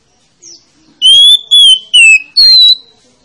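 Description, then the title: Oriental magpie-robin song: four loud, clear whistled notes in quick succession, the third falling and the last higher. Lure to make a reluctant, rarely singing magpie-robin start singing. "Pancingan Kacer Yg Malas Bunyi"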